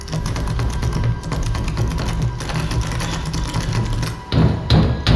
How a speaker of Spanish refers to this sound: Los meneos se detuvieron. La puerta quedó inmóvil y un pequeño roce como una caricia recorrió el pomo tanteando con delicadeza e intimidad